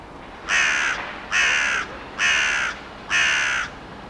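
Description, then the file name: Carrion crow cawing: four harsh, rasping, drawn-out caws, each about half a second, spaced roughly evenly, over a steady background hiss. "Corvus corone"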